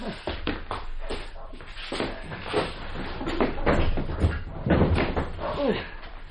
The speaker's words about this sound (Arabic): الكلب بينبح ليه؟ شوفي ايه في الجنينة يا عبير